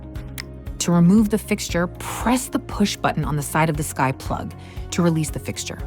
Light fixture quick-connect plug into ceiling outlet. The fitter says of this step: Once inserted, let go and push up towards the ceiling until you hear a clicking sound.